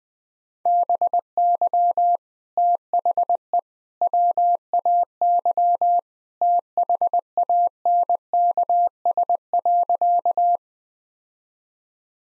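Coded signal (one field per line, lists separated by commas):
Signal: Morse code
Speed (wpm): 20 wpm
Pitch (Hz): 700 Hz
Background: none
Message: BY THE WAY THANKS.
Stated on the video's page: Morse sentence-copying drill at 20 wpm using common three-word phrases; each sentence sent, spoken, then sent again.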